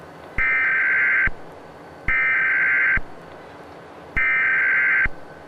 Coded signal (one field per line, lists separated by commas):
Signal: Emergency Alert System (SAME) tones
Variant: header bursts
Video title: Regularly scheduled programs will continue shortly after this EAS message: